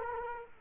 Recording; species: mosquito wingbeat signal from an infrared sensor; Culex quinquefasciatus